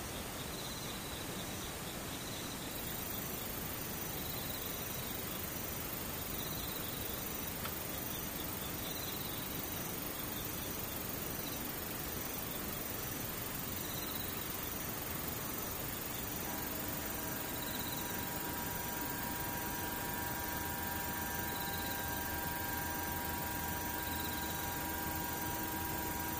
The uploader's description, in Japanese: ムシ